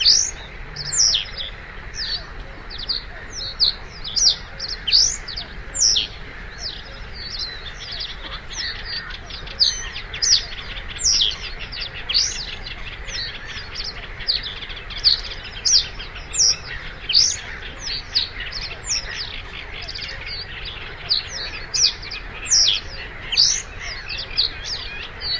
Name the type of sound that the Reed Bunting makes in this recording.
song